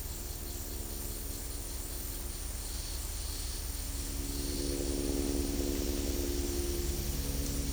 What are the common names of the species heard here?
none